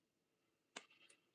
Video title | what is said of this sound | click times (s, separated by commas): Blokees Transformers (One Shall Stand) Wave Build LIVESTREAM | because that popped in and this I guess side is not popping in. | 0.8 s